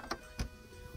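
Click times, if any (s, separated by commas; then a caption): none. A motorhome roof vent's crank handle is handled, with its pull-up tabs used to latch the handle into its holder on the vent frame so it can't move. Two short sharp knocks are heard at about 0.1 s and 0.4 s over a low background. Nothing has seated or clicked into place yet.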